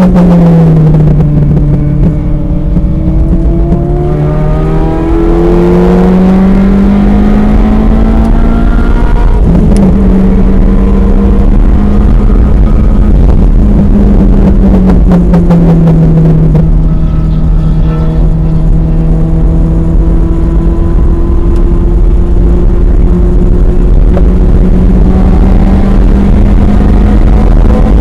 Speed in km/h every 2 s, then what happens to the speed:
79, 87, 108, 129, 137, 147, 138, 109, 111, 116, 122, 127, 142, 156.
0-9 speeds up to 147. 9-14 brakes to 109. 15-28 speeds up to 156.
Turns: 12-28.